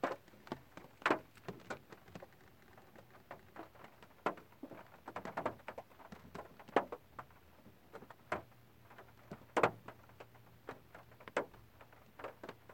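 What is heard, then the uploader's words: Rain drums on a car windshield and roof as irregular taps and splats rather than a steady hiss. The drops land several times a second, some sharp and loud, over a quiet low hum. Minute and a half of rain of a car windshield and roof : by anaesthete.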